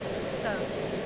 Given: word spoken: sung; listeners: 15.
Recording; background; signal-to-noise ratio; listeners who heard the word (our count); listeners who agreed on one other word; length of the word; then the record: one English word in noise, from a listening test; speech-shaped noise; -5.0 dB; 0 of 15; 7 of 15; 0.66 s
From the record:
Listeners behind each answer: 7, 3, 1, 1, 1, 1, 1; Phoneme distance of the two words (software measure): 17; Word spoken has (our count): 1 syllable, 3 phonemes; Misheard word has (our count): 1 syllable, 2 phonemes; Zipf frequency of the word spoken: 3.91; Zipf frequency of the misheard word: 3.36